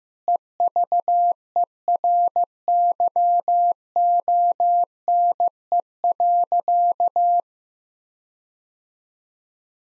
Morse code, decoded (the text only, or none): EVERYONE.